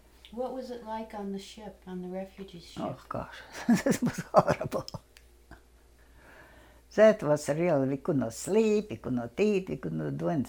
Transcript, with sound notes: What was it like on the ship? On the refugee ship?
Oh, gosh it was horrible.. (laughs chokingly) That was real.. we could not sleep, we could not eat, we could not do anything.